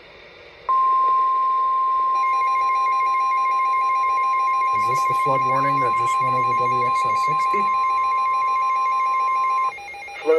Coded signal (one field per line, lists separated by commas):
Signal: Emergency Alert System (SAME) tones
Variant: 1050 Hz attention tone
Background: speech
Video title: February Flooding - EAS Alerts from 2/15/25 || EAS 1,596-1,613